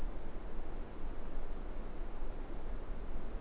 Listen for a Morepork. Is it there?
no